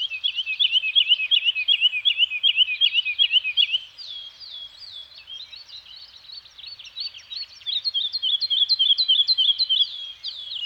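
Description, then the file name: A bird sings fast looping high notes for about four seconds, then mixed twitters before another quick trilled run. Scandinavian forest soundscape with birds singing. "Nature Soundscape - Scandinavian Forest Environment with Birds Singing"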